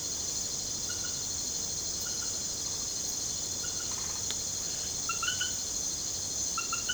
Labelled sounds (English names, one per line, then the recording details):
none
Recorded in secondary vegetation near Puerto Asís, Putumayo, Colombia, on 22 December 2024 at 20:00
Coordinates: 0.489, -76.322
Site G059